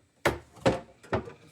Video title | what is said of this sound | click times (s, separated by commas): Tabletop Table Review | clicks right in. | 0.3 s